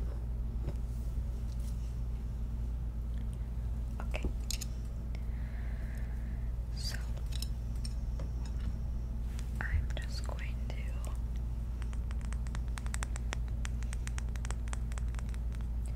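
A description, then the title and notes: A scalp massage, with fingers rubbing and scratching through hair in soft crackling, crunchy bursts. The scratching comes in irregular clusters and turns quicker and denser in the last few seconds. A steady low hum runs underneath the whole time. ASMR Relaxing Scalp Massage.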